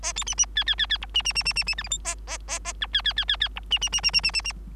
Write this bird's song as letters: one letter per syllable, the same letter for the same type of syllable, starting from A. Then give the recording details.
A B C C D D D D E C C C C C C F G H A A A A I D D D D D E C C C C C C C C. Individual Bird3